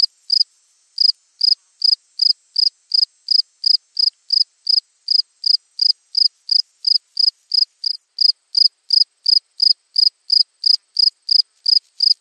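Cricket song of crisp, high-pitched chirps in a steady rhythm, nearly three each second, nothing else audible.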